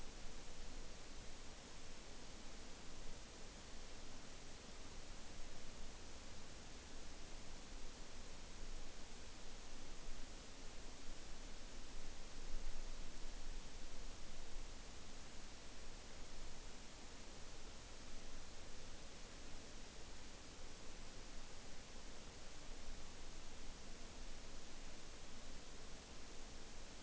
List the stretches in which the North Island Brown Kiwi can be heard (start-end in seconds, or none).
none